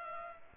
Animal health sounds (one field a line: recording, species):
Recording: mosquito wingbeat signal from an infrared sensor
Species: Culex pipiens